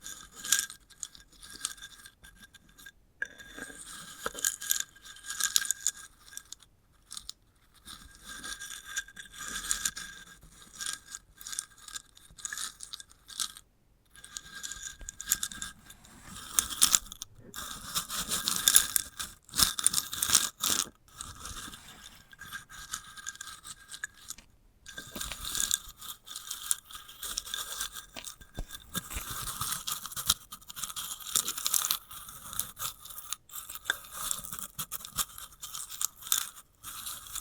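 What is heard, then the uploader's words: Crisp scratching and crunching as fingers work over a dried sunflower head, in bursts with brief pauses, denser and louder after midway. ASMR of a Sunflower Head (No Talking).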